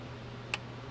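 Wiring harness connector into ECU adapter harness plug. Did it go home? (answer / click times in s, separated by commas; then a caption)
yes / 0.5 s. A plastic wiring harness connector on the ECU jumper/adapter wiring of a Honda, during an OBD0 to OBD1 conversion, is pushed further into its mating adapter harness plug because it was not all the way in. Over a steady low hum, a single sharp click sounds at 0.5 s as the connector seats fully.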